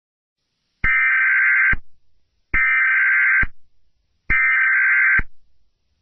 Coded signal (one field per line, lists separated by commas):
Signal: Emergency Alert System (SAME) tones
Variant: header bursts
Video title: Aphmau The Killer [An EAS Scenario]